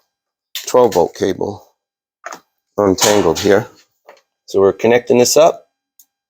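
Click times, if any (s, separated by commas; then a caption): 6.0 s. A 12V power cable connector is pushed into the port of a handheld tuner/reader for a BT-Moto ECU reflash on a 2018+ Honda Goldwing while someone talks. A single sharp, quiet click sounds at 6.0 s as the connector seats with a positive click.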